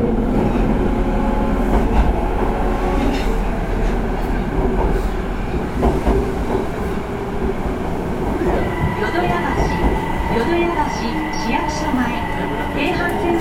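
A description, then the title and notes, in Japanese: An electric subway train runs steadily with a dense low rumble, clicking wheel joints, and a thin whine rising after eight seconds. 大阪市交 30000系 新大阪からなんばまで。大阪市交通局の30000系電車の走行音です。御堂筋線にて収録しました。区間は、新大阪からなんばまでです。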